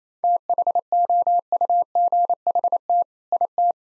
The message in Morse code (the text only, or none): THOUGHT IT